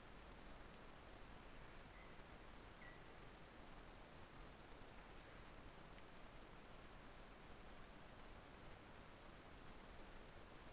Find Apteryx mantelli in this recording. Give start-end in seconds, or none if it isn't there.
none